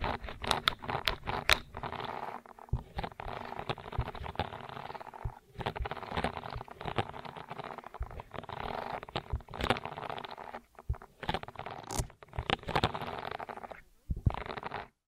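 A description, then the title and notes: Dense, close-sounding ASMR ear treatment noises: continuous squishy, crackling rustles with frequent sharp taps and scratches, pausing briefly near fourteen seconds. ASMR 3D Brain Penetrating Ear Treatment.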